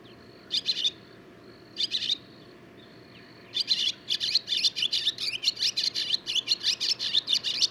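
Barn swallow song: two short isolated chirp bursts, then a sustained fast series of twittering notes continuing to the end.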